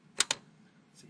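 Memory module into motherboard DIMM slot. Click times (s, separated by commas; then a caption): 0.2 s, 0.3 s. A RAM stick lined up in its motherboard DIMM slot is pressed down evenly on both sides until its retaining clips snap shut. Two sharp snaps sound at 0.2 s and 0.3 s over a low background hum, with no talking in the clip. The memory module is seated with both clips closed.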